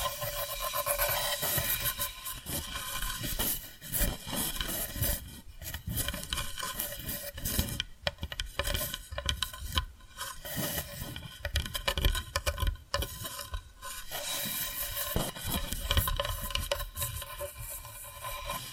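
Tapping and scratching sounds run without pause, a dense texture of quick irregular taps layered over rough scraping and rubbing. Brief drops in level break the flow around 4, 8, 10 and 13 seconds. A low thumping and a faint steady hum sit underneath.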